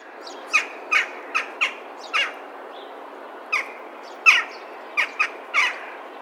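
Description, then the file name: Western jackdaw giving clipped, metallic 'kya' calls, about ten spaced irregularly, some in quick pairs, with soft hiss behind. "Corvus monedula calls"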